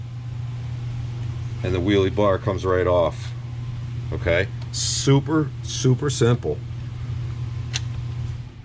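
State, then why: Seated. Someone talks over a steady low hum as a detachable plastic wheelie bar is slid up onto the rear mount of a Traxxas E-Revo VXL RC monster truck until its tab locks. A short, sharp snap is heard at 7.8 s as the wheelie bar seats onto the mount.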